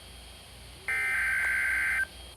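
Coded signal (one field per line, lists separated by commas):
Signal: Emergency Alert System (SAME) tones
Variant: header bursts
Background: speech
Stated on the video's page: Amber Alert child abduction emergency broadcast on NOAA Weather Radio.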